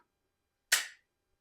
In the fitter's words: real positive click there just